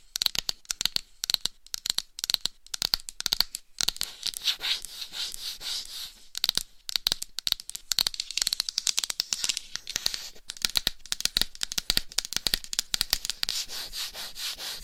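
Scratching and tapping on a dummy head mic, a dense run of sharp, dry clicks and scrapes with a bright, hissy edge. The bursts come rapidly and unevenly, with short gaps, and from about the middle onward a steadier rubbing texture fills in between the taps.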